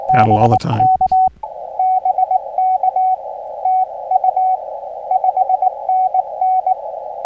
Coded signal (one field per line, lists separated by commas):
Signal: Morse code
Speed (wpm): 22 wpm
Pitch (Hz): 750 Hz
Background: speech, radio noise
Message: BK BK TU 5NN